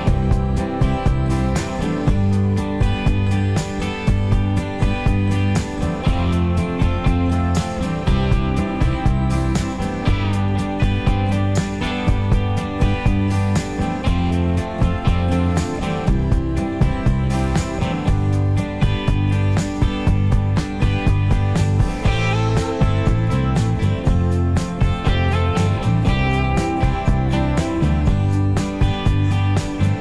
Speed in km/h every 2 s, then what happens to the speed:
68, 68, 68, 68, 68, 69, 71, 74, 76, 77, 81, 82, 84, 84, 84.
0-9 steady at about 68. 9-23 speeds up to 84. 23-30 steady at about 84.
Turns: none.